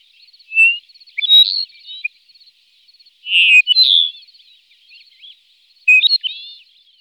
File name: duponts lark